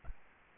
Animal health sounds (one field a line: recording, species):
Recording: mosquito wingbeat signal from an infrared sensor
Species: Aedes albopictus